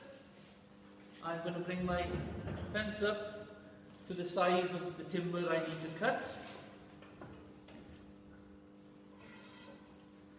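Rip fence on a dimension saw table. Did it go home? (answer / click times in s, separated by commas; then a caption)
no / none. A man talks while the metal rip fence on a dimension (panel) saw table is being handled, to be slid to the width of the timber to be cut and then clamped. A few faint knocks follow the talking over a low steady hum. Nothing has clicked or locked into place yet.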